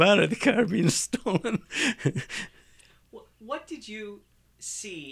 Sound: he laughs

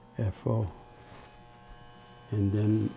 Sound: buzzing in background

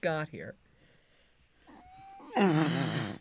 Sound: sighs

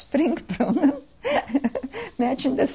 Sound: she laughs

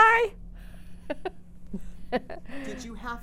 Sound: she laughs

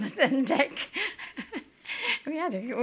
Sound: she's laughing

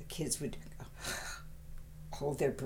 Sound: gasps

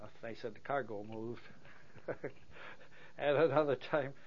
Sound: laughs

